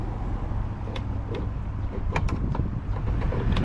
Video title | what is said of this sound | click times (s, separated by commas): 2023 Honda civic TypeR (FL5) how to install Lasfit rear turn signal, revers and inside trunk bulbs | and go down with it, hear it pop, | 3.6 s